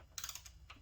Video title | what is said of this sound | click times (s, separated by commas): checking/adjusting steering head bearings on an sv650 | And the fact that it still hasn't clicked means it was probably hella loose. | none